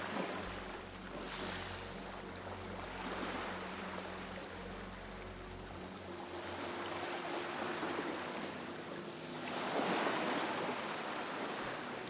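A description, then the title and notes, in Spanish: Ocean waves roll in a steady, dense wash of surf, swelling and easing every few seconds, with a stronger surge near the ten-second mark. Beneath the water, a low sustained hum and a few faint held tones run through the first half. Sonido de las OLAS y una MELODÍA Relajante.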